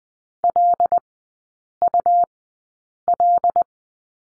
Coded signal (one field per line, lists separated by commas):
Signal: Morse code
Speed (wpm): 20 wpm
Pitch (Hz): 700 Hz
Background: none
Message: LUL